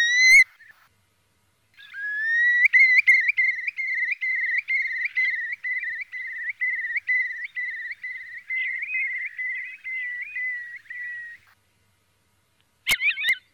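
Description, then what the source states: Eurasian curlew giving a long bubbling trill of rapid repeated whistled notes lasting about ten seconds, followed by silence and a short burst of calls. Filtered recording.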